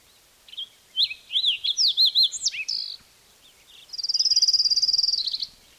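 Fox Sparrow song: a jumble of sweet slurred whistles rising and falling, then a long rapid high trill, over faint background hiss.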